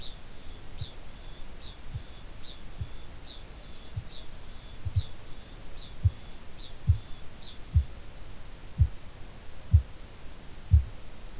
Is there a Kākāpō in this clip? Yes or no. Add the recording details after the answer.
yes. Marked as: faintness 3/5, faintness 5/5. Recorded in New Zealand. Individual Ben